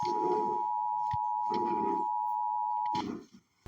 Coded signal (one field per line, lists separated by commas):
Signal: Emergency Alert System (SAME) tones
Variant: 853 and 960 Hz attention tone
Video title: reacting eas scenario the fog is comming